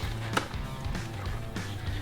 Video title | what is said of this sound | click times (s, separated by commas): Malco's Headlight Restoration Demo | These lock into place. | 0.4 s